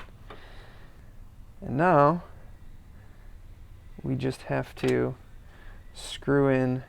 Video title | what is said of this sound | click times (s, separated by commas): Will a Cheap Alibaba Grille Fit My Toyota Land Cruiser 100 Series? | i'm going to place this grille on here and these bottom ones snaps right in | 0.3 s